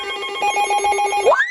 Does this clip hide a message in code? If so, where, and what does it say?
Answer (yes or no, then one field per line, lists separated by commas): no